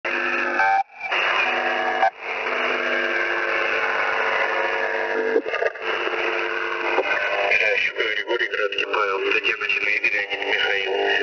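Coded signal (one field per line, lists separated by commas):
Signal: coded military voice message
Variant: The Pip, Russian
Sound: voice message over heavy shortwave static and fading, with brief dropouts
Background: radio static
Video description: "The Pip" is a Russian military radiostation that broadcasts on 5448 kHz at daytie and 3756 kHz at nighttime.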